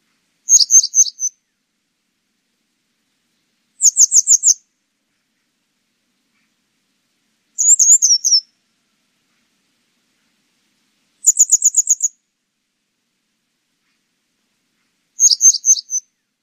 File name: 노랑할미새